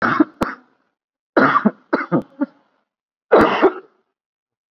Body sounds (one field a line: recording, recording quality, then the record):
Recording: heavy voluntary cough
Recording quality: excellent, no background noise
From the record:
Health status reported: COVID-19 positive, moderate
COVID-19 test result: positive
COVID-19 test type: RT-PCR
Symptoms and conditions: cough, cold, fever, fatigue, muscle pain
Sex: male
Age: 41 years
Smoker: no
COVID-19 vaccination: one dose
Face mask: worn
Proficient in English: yes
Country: India